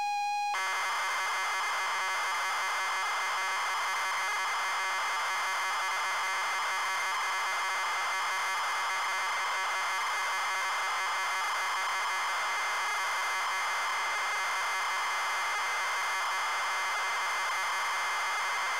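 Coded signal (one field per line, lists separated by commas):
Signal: ZX Spectrum tape loading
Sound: a short steady pilot tone, then a harsh buzzing, rasping data screech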